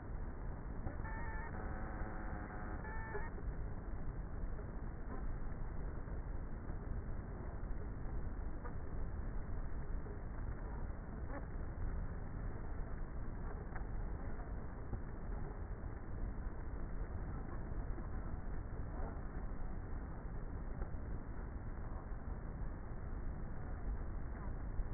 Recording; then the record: honeybee colony, microphone inside the hive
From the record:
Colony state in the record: queenless with a low population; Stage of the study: before two queens were removed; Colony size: about 30,000 bees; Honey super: no